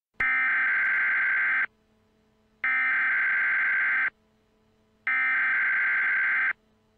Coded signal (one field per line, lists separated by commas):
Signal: Emergency Alert System (SAME) tones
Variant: header bursts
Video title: EAS | Nuclear Attack Scenario #4